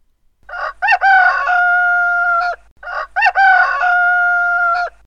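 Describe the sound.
A rooster crows two times in a row, each crow starting with quick stuttered syllables and ending in a drawn-out, steady note.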